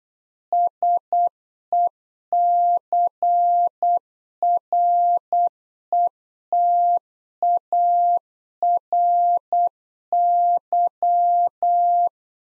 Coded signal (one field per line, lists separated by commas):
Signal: Morse code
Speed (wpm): 8 wpm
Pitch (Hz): 700 Hz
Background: none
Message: SECRETARY